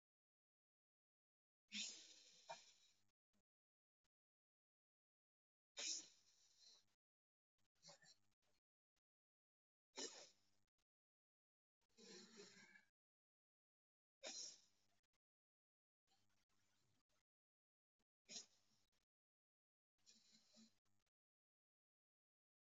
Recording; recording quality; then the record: deep breathing; excellent, no background noise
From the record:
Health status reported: COVID-19 positive, mild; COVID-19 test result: positive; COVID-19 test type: RT-PCR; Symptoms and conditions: cold, sore throat, fever, muscle pain, hypertension, diabetes, another condition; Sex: female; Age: 52 years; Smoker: no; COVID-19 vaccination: both doses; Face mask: not worn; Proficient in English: yes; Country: India